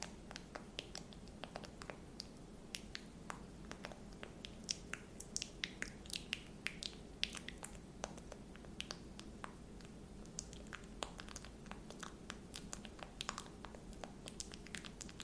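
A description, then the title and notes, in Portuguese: ASMR triggers with black objects: quick, crisp taps and clicks scattered irregularly throughout, several per second, over a steady low hum. ASMR com gatilhos super relaxantes com a cor preta.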